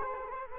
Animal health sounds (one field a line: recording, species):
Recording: mosquito wingbeat signal from an infrared sensor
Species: Culex quinquefasciatus